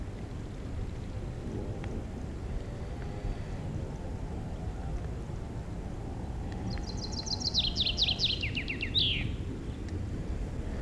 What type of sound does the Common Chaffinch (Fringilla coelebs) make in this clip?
song